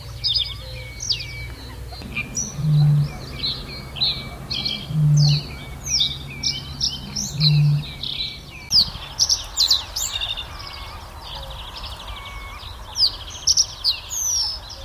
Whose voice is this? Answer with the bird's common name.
Reed Bunting